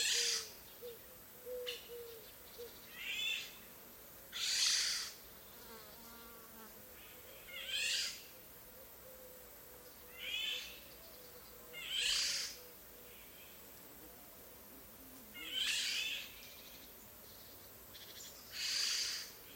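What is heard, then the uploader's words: A countryside afternoon where a bright, buzzing insect-like call repeats about every three to four seconds, each burst lasting around a second. Soft, low cooing or hooting notes drift in faintly between them over a quiet, still background. Lazy afternoon in the countryside. The soundscape of the village is lush, and its acoustics are very interesting as it sits on a few hills overlooking valleys with creeks at the bottom.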